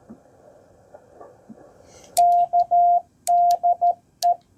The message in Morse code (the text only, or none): K DE